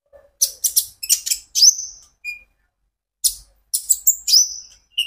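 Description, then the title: Van Hasselt's sunbird: two short bursts of sharp high chips ending in a downslurred whistle, with a brief gap between. Konin ijoan (green) variety singing actively (gacor); recording used as a lure and therapy for caged birds, said to make untrained birds answer. "KOLIBRI NINJA KONIN IJOAN GACOR COCOK UNTUK PANCINGAN TERAPI KONIN BAHAN PASTI NYAUT"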